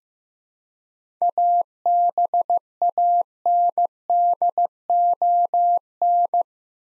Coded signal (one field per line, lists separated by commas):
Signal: Morse code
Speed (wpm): 15 wpm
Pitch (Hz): 700 Hz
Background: none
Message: ABANDON